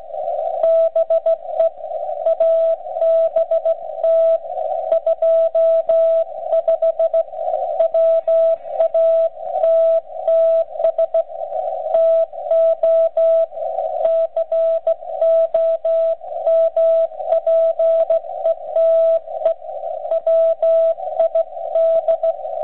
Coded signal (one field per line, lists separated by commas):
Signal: Morse code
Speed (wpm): 15 wpm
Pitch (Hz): 660 Hz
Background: radio noise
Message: BE ABT 25 WATTS TO COMPETE WID